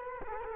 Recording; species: mosquito wingbeat signal from an infrared sensor; Culex quinquefasciatus